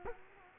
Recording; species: mosquito wingbeat signal from an infrared sensor; Culex quinquefasciatus